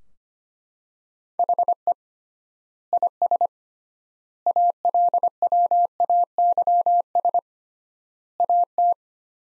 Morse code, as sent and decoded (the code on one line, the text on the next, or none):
.... . / .. ... / .- .-.. .-- .- -.-- ... / .- -
HE IS ALWAYS AT